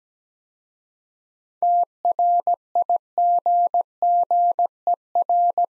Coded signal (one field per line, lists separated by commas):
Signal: Morse code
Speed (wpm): 17 wpm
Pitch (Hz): 700 Hz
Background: none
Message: TRIGGER